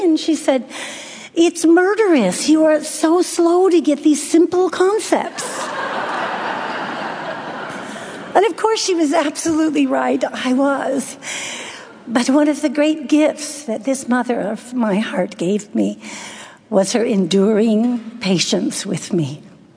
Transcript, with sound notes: And she said, “It’s murderous! You are so slow to get these simple concepts!” (laughter) But of course, she was absolutely right. I was! But one of the great gifts that this mother of my heart gave me was her enduring patience with me.